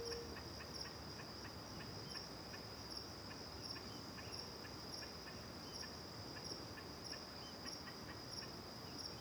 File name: Grilo perto e outros grilos longe de costas para o rio em terra ronca, varios passaros, vaca longe, gravacao em ab